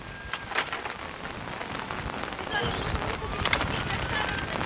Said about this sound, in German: Doch bevor ich auf den Platz gelange, öffnet sich der Himmel und ein Gewitter bricht los. Im strömenden Regen geht geisterhaft der Auftritt des Präsidenten unter.